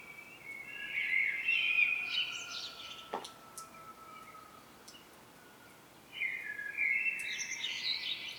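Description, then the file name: Common blackbird song phrases, a warbled mid-pitched phrase with a higher twittering end near the start, a faint click, then another phrase starting after six seconds. "Turdus merula"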